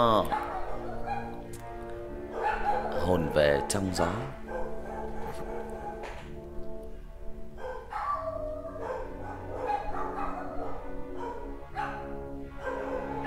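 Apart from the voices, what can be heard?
puppy barking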